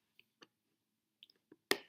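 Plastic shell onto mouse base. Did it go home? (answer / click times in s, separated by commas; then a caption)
yes / 1.7 s. A plastic shell is placed on top of a Finalmouse Air58 Phantom mouse base, with a few faint light ticks as it is lined up. At 1.7 s the back of the shell snaps into place with a sharp, bright click that rings out briefly, and the shell is seated.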